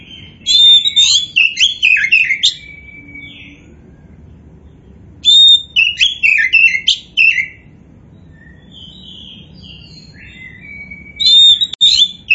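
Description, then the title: Oriental magpie-robin song in three loud, varied phrases of slurred whistles and chatters, separated by pauses holding quieter thin whistled notes. Kacer poci variety, described as gacor (singing vigorously). "Kacer Poci Gacor"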